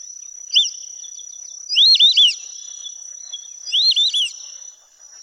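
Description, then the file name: White-faced whistling duck whistling, one short note followed by two bright three-syllable phrases about two seconds apart, with a constant shrill insect hum behind. "audio burung belibis muka putih. omkicau"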